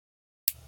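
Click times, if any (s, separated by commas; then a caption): 0.5 s. The blade of a modern lockback folding knife without a half stop is opened, and its lock bar snaps into the cutout in the tang with a single sharp click at 0.5 s. A faint tail follows, and there is no second click because the tang is smooth up to the cutout. The knife is locked open.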